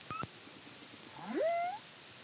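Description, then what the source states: Humpback whale song units: a brief high tonal chirp, then a rising upsweep that levels into a sustained whistle-like moan. Caribbean, CARIMAM project, 2023.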